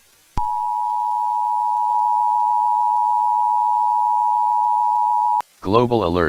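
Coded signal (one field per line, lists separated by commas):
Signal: Emergency Alert System (SAME) tones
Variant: 853 and 960 Hz attention tone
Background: speech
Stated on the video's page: Fictional EAS scenario.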